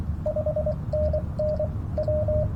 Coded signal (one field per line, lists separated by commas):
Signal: Morse code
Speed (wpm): 23 wpm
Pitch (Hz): 610 Hz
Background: none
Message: 5NN W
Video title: Unboxing the G90 Backyard POTA Hunting